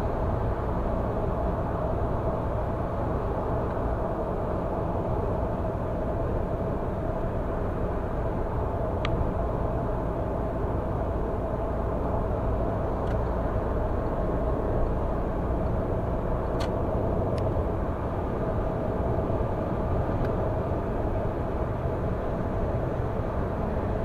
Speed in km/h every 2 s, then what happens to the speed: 106, 106, 106, 100, 100, 101, 102, 105, 108, 112, 113, 113.
0-9 slows to 100. 9-19 speeds up to 113.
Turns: none.